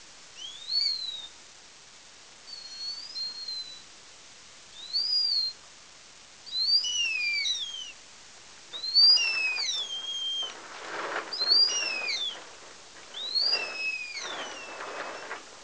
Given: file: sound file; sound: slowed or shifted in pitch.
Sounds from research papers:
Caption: Example of adult BxD mouse song 8 months after sham deafening surgery.

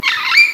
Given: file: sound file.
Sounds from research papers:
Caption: note E emitted by a Lilac-crowned Amazon.

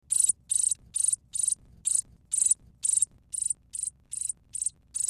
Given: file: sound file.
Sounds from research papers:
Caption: The food begging calls of a male sparrow LBY 2-day after RAlesion

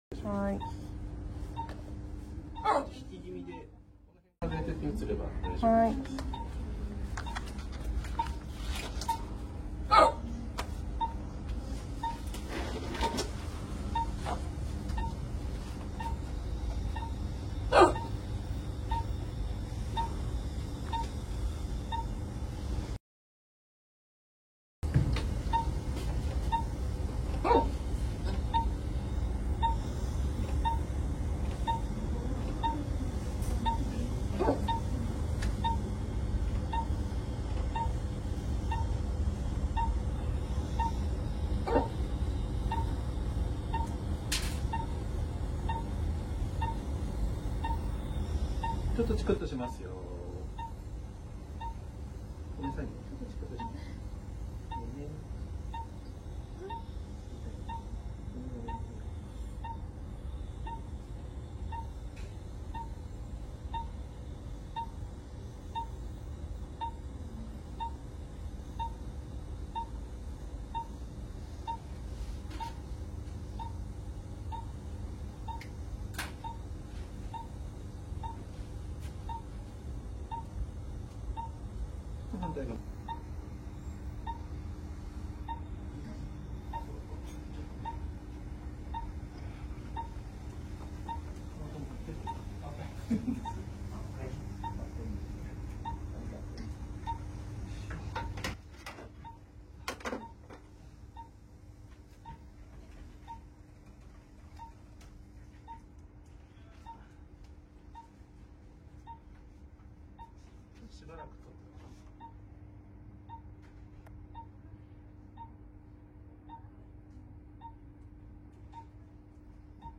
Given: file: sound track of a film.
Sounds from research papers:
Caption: Hiccup management in Case 1. Hiccups were induced following midazolam administration. While the patient was experiencing hiccups, an ultrasound-guided selective glossopharyngeal nerve block was performed bilaterally. The video recording demonstrates the immediate disappearance of hiccups after the block is performed. For this procedure, the patient turned their face toward the clinician, and a linear ultrasound probe was placed in the neck to check the surrounding target structures. Following identification of the sternocleidomastoid muscle, a probe was placed caudal to the mandibular ramus. The stylohyoid muscle was visualized by tilting the linear ultrasound probe toward the mandibular ramus. A needle was then inserted deeply under the stylohyoid muscle through the sternocleidomastoid muscle using an out-of-plane approach.

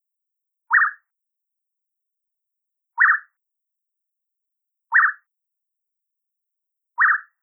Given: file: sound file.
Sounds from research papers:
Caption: The Yellow-breasted Boubou male song type Low whee-oo produced as solo

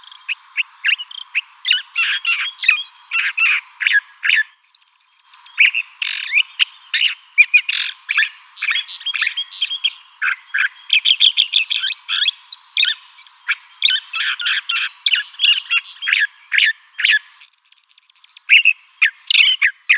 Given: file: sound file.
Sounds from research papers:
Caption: Audio file of a California Thrasher song.

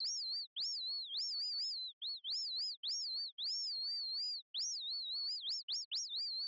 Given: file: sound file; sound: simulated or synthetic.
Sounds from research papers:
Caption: Sound file for the generated artificial birdsong obtained by plugging the first level output of the generation scheme into the syrinx equations, Eq. (4).

